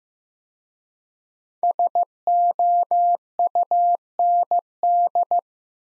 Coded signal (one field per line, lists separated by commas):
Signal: Morse code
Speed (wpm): 15 wpm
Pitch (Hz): 700 Hz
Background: none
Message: SOUND